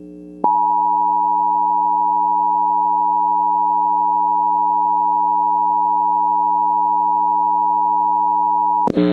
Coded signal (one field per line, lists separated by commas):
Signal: Emergency Alert System (SAME) tones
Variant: 853 and 960 Hz attention tone